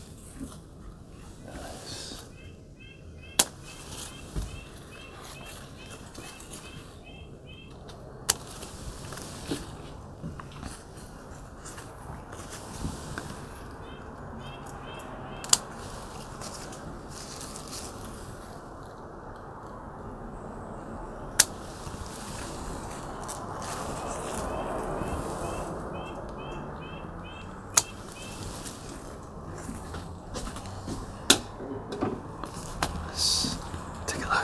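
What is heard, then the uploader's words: Grape leaves are harvested with sharp snapping clicks that come every few seconds, around six in total, with rustling between them. A soft, low rumble runs throughout, and faint speech-like murmuring rises and swells in the middle before easing off. Harvesting Grape Leaves from Our Patio Garden.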